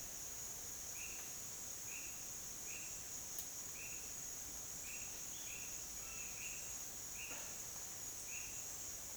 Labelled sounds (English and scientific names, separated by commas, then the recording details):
none
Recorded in dense forest near Puerto Asís, Putumayo, Colombia, on 29 June 2025 at 09:30
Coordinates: 0.484, -76.325
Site H65